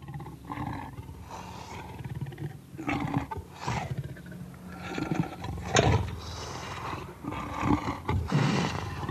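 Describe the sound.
Leopard sawing grunts, harsh throaty strokes repeated at an uneven pace, some louder and sharper than others, with low rumbling between.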